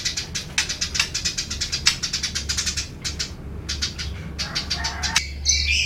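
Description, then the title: Eurasian tree sparrows giving dense, rapid chirps that run almost continuously, briefly pausing, then a different squeaky call at the end over a low hum. "Suara Burung Gereja"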